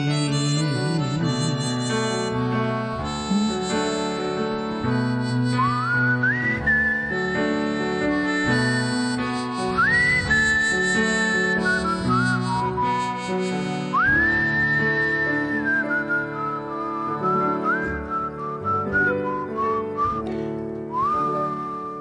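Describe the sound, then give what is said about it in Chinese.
A clear whistled melody carries over a full instrumental backing, with long held notes that swoop upward into each phrase, steady and prominent throughout, with no singing or talking. “就口哨嘅只歌”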